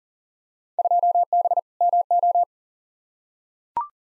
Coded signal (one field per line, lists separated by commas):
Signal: Morse code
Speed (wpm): 40 wpm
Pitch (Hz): 700 Hz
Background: none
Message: 2B MO